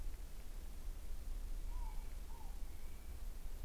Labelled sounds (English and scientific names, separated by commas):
North Island Brown Kiwi (Apteryx mantelli) male call